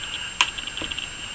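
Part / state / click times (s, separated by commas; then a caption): memory module into motherboard DIMM slot / seated / 0.4 s. A memory module (RAM stick) is pressed down into a motherboard DIMM slot until the plastic retention latches close into the module's side notches. A sharp, bright click sounds at 0.4 s, followed by a few quieter ticks between about 0.8 and 1.0 s over a faint steady high-pitched tone. The module is seated, with the latch clicking closed at 0.4 s.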